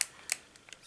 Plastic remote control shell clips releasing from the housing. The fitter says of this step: so you'll hear clicking noises and that means that it's unclipping